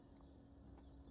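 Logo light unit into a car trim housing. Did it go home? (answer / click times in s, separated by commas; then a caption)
no / none. A small logo light unit, lined up the right way round, is handled against its housing in a car's trim. Only a steady low hum and faint background noise are heard. Nothing has clicked or seated yet.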